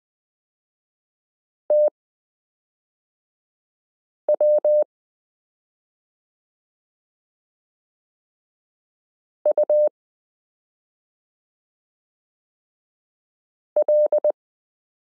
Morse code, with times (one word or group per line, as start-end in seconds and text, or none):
1.7-4.8 TW
9.5-14.3 UL